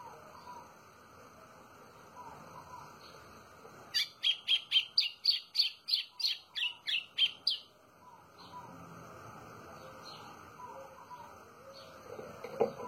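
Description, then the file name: White-throated seedeater song of many rapid, ringing notes lasting about three and a half seconds, with quieter chirping birds and background hiss around it. "canto do golinho"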